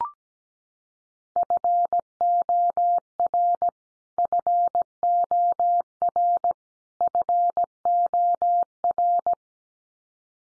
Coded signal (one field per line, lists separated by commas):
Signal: Morse code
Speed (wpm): 17 wpm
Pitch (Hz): 700 Hz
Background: none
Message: FOR FOR FOR